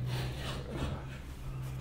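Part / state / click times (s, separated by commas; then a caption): rope lock on a ceiling pulley hoist / not seated / none. The top portion of a metal and plastic rope lock on a ceiling kayak pulley hoist is pulled back by hand so the lock will engage, giving a steady low hum under soft rubbing and rustling handling noise. Nothing has seated or clicked yet.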